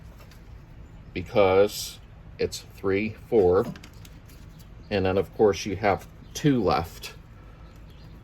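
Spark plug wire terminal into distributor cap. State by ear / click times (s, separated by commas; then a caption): not seated / none. A spark plug wire terminal is pushed into a distributor cap tower while fitting the plug wires during an SVDA distributor install on an air-cooled VW Beetle engine. Someone talks throughout, with a couple of faint short ticks and low background hum. The terminal fails to snap into the cap, and nothing has seated or clicked yet.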